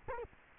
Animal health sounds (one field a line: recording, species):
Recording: mosquito wingbeat signal from an infrared sensor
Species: Culex quinquefasciatus